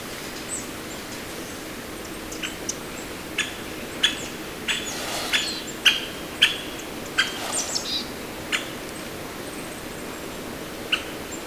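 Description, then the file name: Great spotted woodpecker calls: sharp, clipped 'kik' notes given singly at uneven intervals, over a steady hiss of background noise. Recorded in Tomakomai, Japan, on 15 November 2023. "akagera tomakomai Haruo Kuroda"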